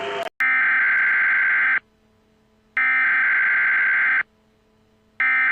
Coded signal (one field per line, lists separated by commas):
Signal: Emergency Alert System (SAME) tones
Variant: header bursts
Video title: 12 New EAS Alarm Requested @MemberaneGuitar